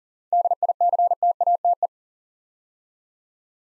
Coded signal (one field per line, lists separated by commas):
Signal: Morse code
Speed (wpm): 40 wpm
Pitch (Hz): 700 Hz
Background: none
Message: DICTATE